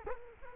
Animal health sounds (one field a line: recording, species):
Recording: mosquito wingbeat signal from an infrared sensor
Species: Culex quinquefasciatus